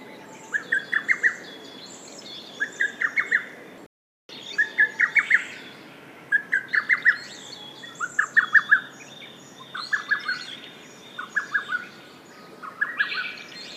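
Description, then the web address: Lesser cuckoo song: short bursts of five or six rapid staccato notes, repeated in quick succession, with other faint bird calls in the background. "izumino saunndo hototogisu"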